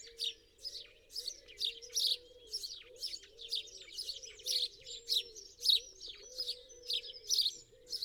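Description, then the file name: House sparrow chirps repeated rapidly and unevenly, softer overall, with a low wavering tone and faint rumbling noise behind. "Passer domesticus"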